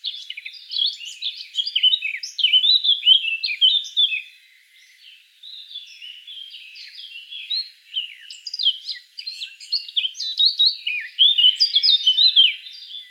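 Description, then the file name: Eurasian blackcap song, an almost continuous flow of varied, rapid warbling and whistled notes with one brief softer lull in the middle. "Sylvia atricapilla"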